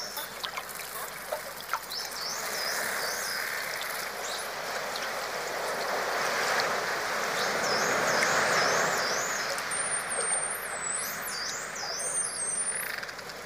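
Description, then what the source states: Dolphin whistles, high wavy up-and-down tones in a few bouts, the busiest near the end, over steady watery hiss. Underwater dolphin sounds, dolphins communicating with each other.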